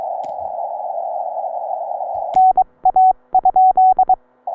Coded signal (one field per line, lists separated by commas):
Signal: Morse code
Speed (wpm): 22 wpm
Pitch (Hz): 750 Hz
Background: none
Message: NA?